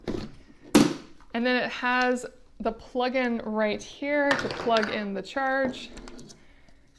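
A rechargeable battery pack is pulled out of its slot in the body of a Kenmore SpotLite Go cordless portable carpet cleaner so it can be charged. A single solid clack at 0.8 s marks the battery coming free, and the pack is released. Someone talks afterward.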